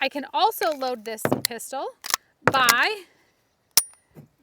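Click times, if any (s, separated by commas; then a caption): 3.8 s. Someone talks, then inserts a magazine into the grip of an empty pistol. A single loud, sharp click at 3.8 s marks the magazine seating, followed by a faint brief sound.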